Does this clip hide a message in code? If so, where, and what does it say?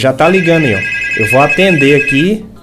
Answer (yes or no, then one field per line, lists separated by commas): no